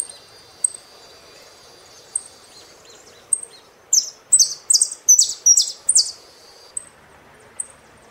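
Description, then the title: Saffron finch song: a burst of several high, buzzy chirped notes in quick succession, framed by thin isolated ticks before and after. "Jilguero Argentino"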